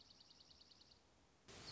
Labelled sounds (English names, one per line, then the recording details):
Dark-eyed Junco
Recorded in Sonoma County, California